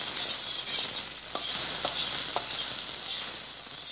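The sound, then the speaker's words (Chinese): Steady hissing sizzle of food being stir-fried in a wok by a man at the stove of an open kitchen, broken by three sharp metallic scrapes of a spatula at roughly even intervals. No voices. “这开放公厨房的好处就是，他只需要微微的转过身，就能看到在灶台前忙碌的男人。”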